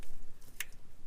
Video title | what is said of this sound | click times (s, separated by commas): Mazda 5 Front Shocks Replaced | there's a click there and then go ahead and put this back in its proper place | 0.6 s